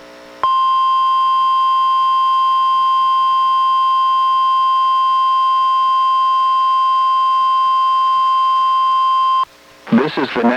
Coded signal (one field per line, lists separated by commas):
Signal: Emergency Alert System (SAME) tones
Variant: 1050 Hz attention tone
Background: speech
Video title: EAS #730: NWR Required Weekly Test- Jan. 4, 2023- 11:26AM PST